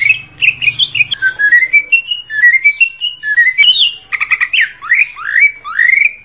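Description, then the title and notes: Leafbird song, varied whistled phrases climbing in steps, then quick stuttered notes and several rising slurs, a faint low hum at the start. Singing cucak ijo described as a champion bird. "Kicau Burung Cucak Ijo Juara. Suara kicauan burung cucak ijo"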